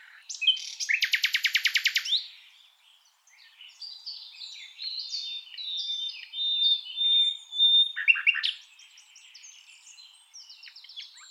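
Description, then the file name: Common nightingale song: a loud fast rattling trill, a pause, then a varied run of whistled and chattering notes, another brief trill and soft high notes. "Luscinia megarhynchos"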